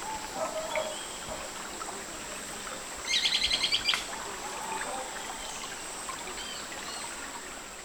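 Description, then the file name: Bird call, a quick high trill of repeated chirps lasting about a second, set against a constant hiss like running water. "SABIOD 50 bird 2015"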